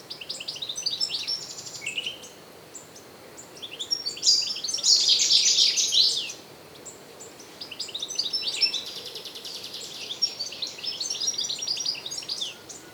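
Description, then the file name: European goldfinch twittering: bright, tinkling high notes in quick jumbled bursts, a louder buzzy rush midway, then more chattering phrases. "Carduelis carduelis"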